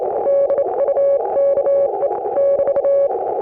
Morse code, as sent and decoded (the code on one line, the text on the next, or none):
-.. ..- -.- . / -...-
DUKE <BT>